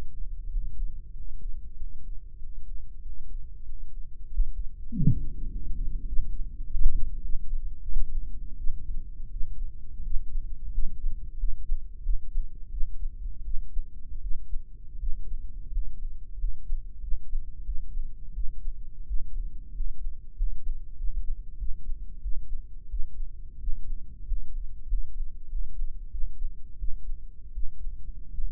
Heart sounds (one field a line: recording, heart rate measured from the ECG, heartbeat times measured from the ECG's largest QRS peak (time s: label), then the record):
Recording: heart sounds by microphone in the right ear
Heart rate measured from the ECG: 91 bpm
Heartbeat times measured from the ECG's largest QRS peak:
0.48 s: heartbeat
1.11 s: heartbeat
1.75 s: heartbeat
2.38 s: heartbeat
3.01 s: heartbeat
3.63 s: heartbeat
4.25 s: heartbeat
4.87 s: heartbeat
5.46 s: heartbeat
6.05 s: heartbeat
6.63 s: heartbeat
7.21 s: heartbeat
7.82 s: heartbeat
8.56 s: heartbeat
9.28 s: heartbeat
10.02 s: heartbeat
10.70 s: heartbeat
11.36 s: heartbeat
12.01 s: heartbeat
12.69 s: heartbeat
13.43 s: heartbeat
14.20 s: heartbeat
14.98 s: heartbeat
15.70 s: heartbeat
16.37 s: heartbeat
17.00 s: heartbeat
17.64 s: heartbeat
18.33 s: heartbeat
19.05 s: heartbeat
19.72 s: heartbeat
20.34 s: heartbeat
20.95 s: heartbeat
21.57 s: heartbeat
22.20 s: heartbeat
22.88 s: heartbeat
23.58 s: heartbeat
24.24 s: heartbeat
24.85 s: heartbeat
25.47 s: heartbeat
26.09 s: heartbeat
26.77 s: heartbeat
27.52 s: heartbeat
28.29 s: heartbeat
From the record:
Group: healthy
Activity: Valsalva maneuver 0-3 s, rest 3-29 s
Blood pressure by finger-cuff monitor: 121/87 mmHg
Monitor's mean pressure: 97 mmHg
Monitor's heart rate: 94 bpm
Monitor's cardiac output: 6.2 L/min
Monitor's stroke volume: 68 mL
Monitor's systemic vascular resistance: 1120 dyn s/cm5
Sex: male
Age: 21 years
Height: 180 cm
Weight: 67.5 kg